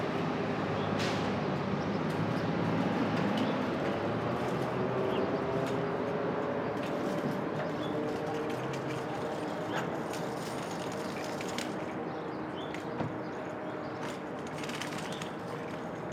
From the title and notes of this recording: Brooklyn Dawn. Street Traffic.